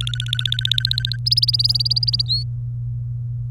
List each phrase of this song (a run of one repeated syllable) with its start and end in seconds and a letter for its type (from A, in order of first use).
0.01-1.17 A, 1.26-2.22 B, 2.26-2.43 C